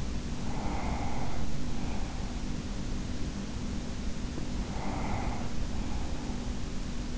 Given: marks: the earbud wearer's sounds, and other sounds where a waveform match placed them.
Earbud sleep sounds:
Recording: sounds in sleep by an in-ear microphone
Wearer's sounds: breath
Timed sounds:
0.00-2.84 s: breath
4.42-6.81 s: breath

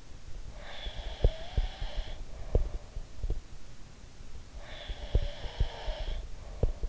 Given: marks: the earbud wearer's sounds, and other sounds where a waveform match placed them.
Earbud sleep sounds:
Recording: sounds in sleep by an in-ear microphone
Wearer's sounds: breath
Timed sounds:
0.49-2.81 s: breath
0.80-3.42 s: sound from someone else or the room
4.52-6.89 s: breath
4.83-6.89 s: sound from someone else or the room

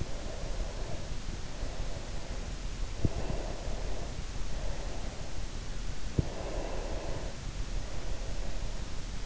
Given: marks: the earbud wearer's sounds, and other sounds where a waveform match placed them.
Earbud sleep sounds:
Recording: sounds in sleep by an in-ear microphone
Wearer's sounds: breath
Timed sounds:
0.00-2.34 s: breath
3.15-5.36 s: breath
6.27-8.74 s: breath

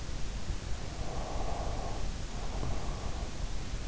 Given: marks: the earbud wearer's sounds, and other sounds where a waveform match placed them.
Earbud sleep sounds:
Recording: sounds in sleep by an in-ear microphone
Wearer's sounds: breath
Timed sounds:
0.97-3.61 s: breath

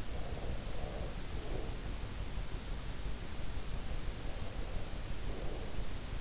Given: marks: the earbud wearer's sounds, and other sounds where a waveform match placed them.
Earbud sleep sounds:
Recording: sounds in sleep by an in-ear microphone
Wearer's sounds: breath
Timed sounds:
0.00-2.06 s: breath
4.11-5.74 s: breath

